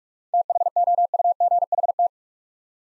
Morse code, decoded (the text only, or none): THOUGHT